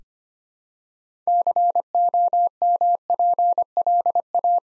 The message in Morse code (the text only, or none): COMPLA